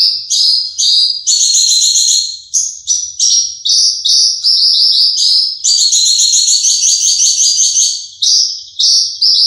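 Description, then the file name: Horsfield's bush lark giving a fast, high, ringing song of stacked whistled and trilled notes, phrases repeated in quick succession with brief pauses. Individual bird named Mercy, owned by Om Donny; kept bird. "audio branjangan mercy milik om donny marga omkicau com"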